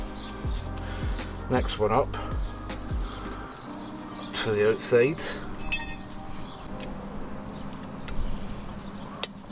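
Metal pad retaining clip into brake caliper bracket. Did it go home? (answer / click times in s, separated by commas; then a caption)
partly / 9.2 s. Someone talks while the next metal pad retaining clip, on the outside, is pressed into the brake caliper bracket. It gives a sharp metallic hit at 9.2 s, but the clip is not fully seated.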